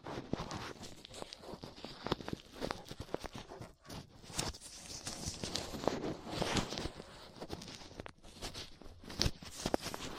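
Latex gloves, a dental pick and cotton swabs make dense, constant rustling and scratching, with frequent sharp clicks and brief pauses near four and eight seconds.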